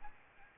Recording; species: mosquito wingbeat signal from an infrared sensor; Aedes albopictus